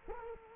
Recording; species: mosquito wingbeat signal from an infrared sensor; Culex quinquefasciatus